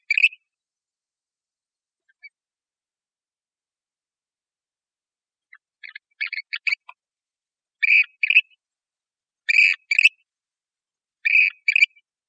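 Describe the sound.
Western grebe calling: a series of raspy, creaking two-part calls repeated roughly every one and a half seconds, each pair harsh and grating, with no other sounds.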